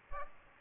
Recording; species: mosquito wingbeat signal from an infrared sensor; Aedes aegypti